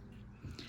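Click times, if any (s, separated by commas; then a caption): 0.6 s. A bobbin case holding its bobbin is pushed into the bobbin area of a Pfaff Creative 1467 sewing machine, with a low rustling and handling noise under quiet background hiss. At 0.6 s a short, sharp click sounds as the bobbin case pops into place, seated.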